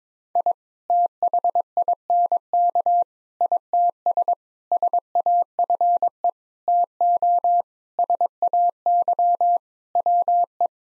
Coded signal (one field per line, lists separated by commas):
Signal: Morse code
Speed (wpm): 22 wpm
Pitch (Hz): 700 Hz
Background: none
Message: I THINK ITS SAFE TO SAY WE